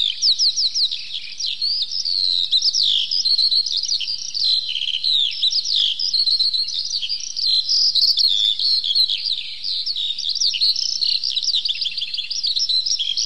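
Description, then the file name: Eurasian skylark delivering an endless, bubbling flow of high chirps and trills, varied and quick throughout. "zhavoronok polevoy"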